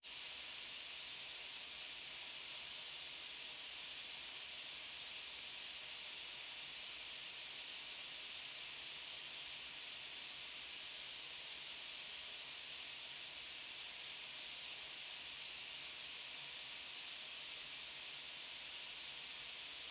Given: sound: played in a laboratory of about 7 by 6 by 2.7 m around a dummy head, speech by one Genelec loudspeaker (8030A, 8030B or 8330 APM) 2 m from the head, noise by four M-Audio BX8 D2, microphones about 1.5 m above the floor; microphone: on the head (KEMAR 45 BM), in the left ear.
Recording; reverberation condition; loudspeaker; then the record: white noise; medium; four, about 170 cm from the corners of the room and facing them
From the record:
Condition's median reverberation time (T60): about 510 ms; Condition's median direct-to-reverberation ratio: about -0.5 dB